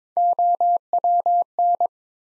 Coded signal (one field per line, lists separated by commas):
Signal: Morse code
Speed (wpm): 22 wpm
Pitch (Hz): 700 Hz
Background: none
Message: OWN